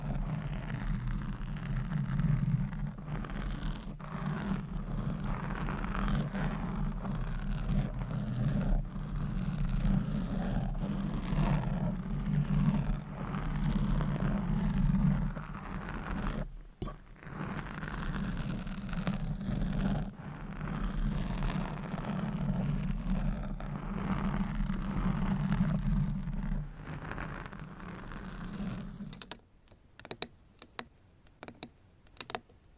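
Scratching and tapping on objects with the nails, a dense, steady rustling texture under a heavy low rumble, dotted with quick sharp taps. Around the 29-second mark the rubbing stops, leaving a quieter stretch with a few scattered clicks.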